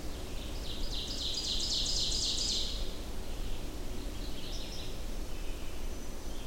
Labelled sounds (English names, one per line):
Ovenbird song